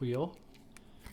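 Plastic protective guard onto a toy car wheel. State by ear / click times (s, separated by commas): seated / 0.8 s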